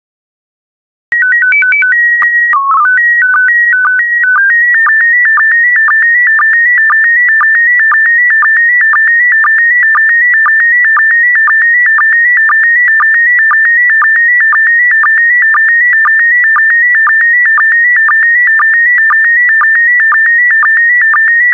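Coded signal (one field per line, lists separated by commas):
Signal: SSTV (slow-scan television)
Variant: PD120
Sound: short warbling header tones, then a steady buzzing whine with regular ticks twice a second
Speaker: complete. You can now check your decoded image against the picture that is shown on the video.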